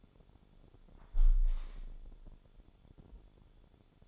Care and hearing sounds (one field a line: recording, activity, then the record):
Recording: daily activity, microphone in the room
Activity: close window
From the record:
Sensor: 5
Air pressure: 1015.0 hPa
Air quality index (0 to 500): 95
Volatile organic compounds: 2 ppm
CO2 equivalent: 1020 ppm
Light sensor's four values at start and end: 35/80/32/31 and 35/80/32/31